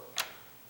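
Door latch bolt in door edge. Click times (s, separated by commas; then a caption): 0.2 s. A spring door latch bolt in the edge of a door is pushed in until it clicks into place, showing how far it has to go into the door. A single sharp, bright click sounds at 0.2 s and fades into quiet, with a faint soft sound starting near the end. The latch is seated.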